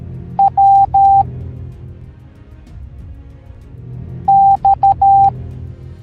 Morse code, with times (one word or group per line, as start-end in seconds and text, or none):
0.4-1.2 W
4.3-5.3 X